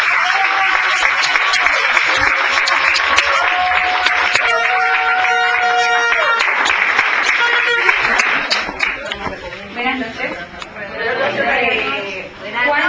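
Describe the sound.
A large crowd at a business planning presentation applauds loudly and steadily for about eight seconds to welcome a speaker, with cheering and sustained musical tones mixed in, before the clapping fades and a man starts speaking.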